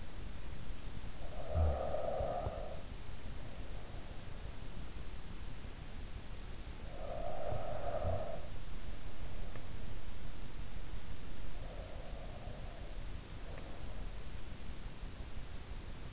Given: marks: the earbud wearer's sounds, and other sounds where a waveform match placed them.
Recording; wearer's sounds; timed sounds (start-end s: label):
sounds in sleep by an in-ear microphone; snoring breath, breath
1.42-3.19 s: snoring breath
6.68-8.68 s: snoring breath
11.37-14.34 s: breath